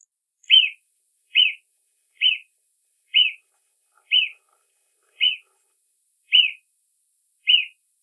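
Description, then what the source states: Marmot: eight short, sharp, high whistled notes, spaced about one second apart against silence. Recorded in 2006.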